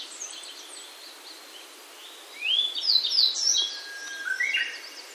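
Grey bunting song: thin whistled notes rising and falling in quick slurred sweeps, a short burst of phrases midway, then a lower whistle and a rising slur near the end, over steady hiss.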